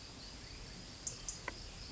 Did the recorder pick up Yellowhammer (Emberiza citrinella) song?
no